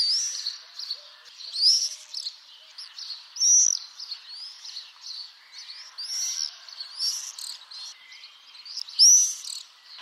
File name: Martinet noir